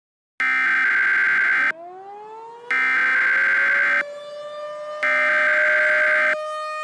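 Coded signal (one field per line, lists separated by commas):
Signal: Emergency Alert System (SAME) tones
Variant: header bursts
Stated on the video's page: Fictional EAS scenario with tones that may or may not be valid; events are not real.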